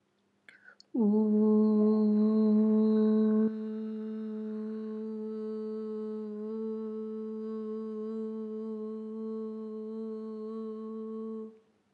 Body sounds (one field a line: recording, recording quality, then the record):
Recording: sustained vowel as in boot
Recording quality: excellent, no background noise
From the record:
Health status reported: healthy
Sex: female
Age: 37 years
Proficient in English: yes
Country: India